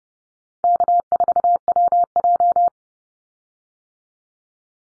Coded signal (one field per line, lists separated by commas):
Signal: Morse code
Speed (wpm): 30 wpm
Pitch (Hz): 700 Hz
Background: none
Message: K4WJ